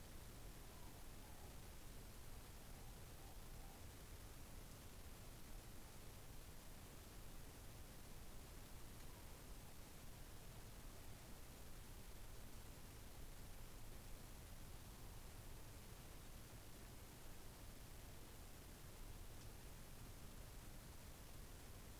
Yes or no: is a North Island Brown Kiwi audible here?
no